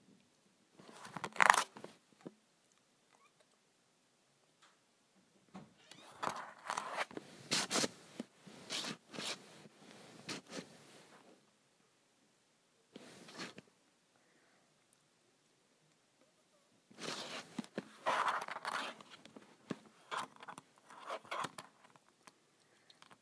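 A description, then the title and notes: Scratching on a calculator comes in rough, rasping bursts: a sharp one near the start, a longer run around 6 to 11 seconds, a brief scrape near 13 seconds, and another long stretch from about 17 to 22 seconds. Silence separates each burst. ASMR Scratching my Calculator.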